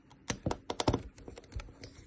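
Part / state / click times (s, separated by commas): smartphone display assembly into the phone frame / seated / 0.3 s, 0.7 s, 0.8 s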